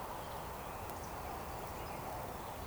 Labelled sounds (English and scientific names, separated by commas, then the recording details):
Eurasian Woodcock (Scolopax rusticola)
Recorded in Baden-Württemberg, Germany, on 13 June 2020 at 19:29 UTC
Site 43791, 788 m above sea level